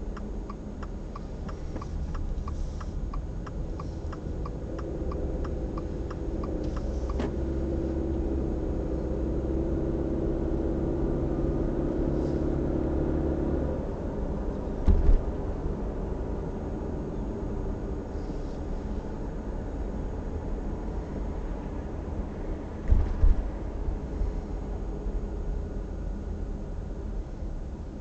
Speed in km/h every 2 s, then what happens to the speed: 18, 17, 21, 31, 40, 48, 51, 47, 37, 32, 30, 27, 22, 15.
0-12 speeds up to 51. 12-28 slows to 15.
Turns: 0-5.